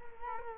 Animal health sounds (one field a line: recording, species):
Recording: mosquito wingbeat signal from an infrared sensor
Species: Culex quinquefasciatus